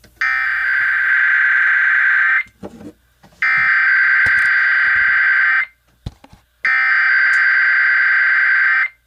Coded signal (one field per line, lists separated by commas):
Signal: Emergency Alert System (SAME) tones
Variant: header bursts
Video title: EAS #40 - Idaho's RMT